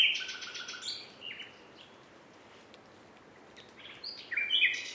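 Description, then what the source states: Common nightingale: songbird phrases of quick buzzy repeated notes, a quiet gap of about two seconds, then a new burst of bright varied notes. Recording described as a nightingales' concert.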